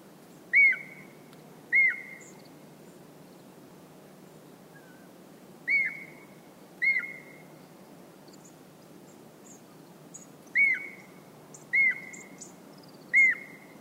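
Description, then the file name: Japanese green woodpecker giving clear, short whistled notes that slur downward, in groups of two or three several seconds apart, seven notes in all, over a faint steady background hiss. "aogera"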